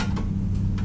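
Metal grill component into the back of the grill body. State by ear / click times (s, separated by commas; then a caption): not seated / none. A metal grill component for a Weber Spirit II E 310 grill is handled with its long side against the back of the grill body, ready to be pushed in until its tabs lock in place. Faint light tapping and handling noise sit over a steady low hum, with no sharp click. Nothing has seated or clicked yet.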